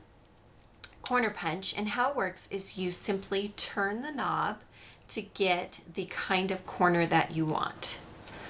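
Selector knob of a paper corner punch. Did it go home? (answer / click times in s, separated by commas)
no / none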